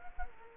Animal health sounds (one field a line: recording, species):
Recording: mosquito wingbeat signal from an infrared sensor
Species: Culex quinquefasciatus